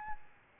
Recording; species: mosquito wingbeat signal from an infrared sensor; Aedes albopictus